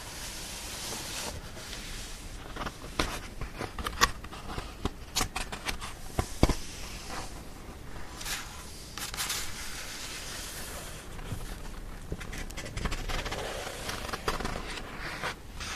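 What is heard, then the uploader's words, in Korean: Book pages being turned, a steady papery rustle with frequent sharp crisp flicks, busiest around four to nine seconds, over a constant hiss. 책을 넘기는 소리.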